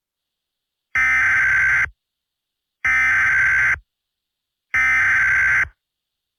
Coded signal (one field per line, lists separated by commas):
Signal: Emergency Alert System (SAME) tones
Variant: header bursts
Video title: Eas Alert Bunny Volcano